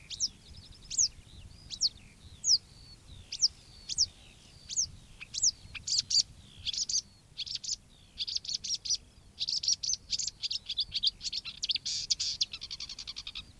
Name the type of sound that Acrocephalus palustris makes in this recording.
song